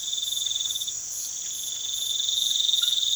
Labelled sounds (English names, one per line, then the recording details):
none
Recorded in pastures near Puerto Asís, Putumayo, Colombia, on 12 March 2025 at 03:00
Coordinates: 0.487, -76.322
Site G077